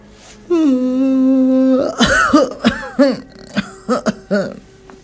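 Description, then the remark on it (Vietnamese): An elderly woman who has just woken gives a long, voiced yawn that holds a steady low tone for over a second, then breaks into a rapid string of about eight harsh, raspy coughs of varying loudness. “Bà ngáp rồi ho lên sù sụ.”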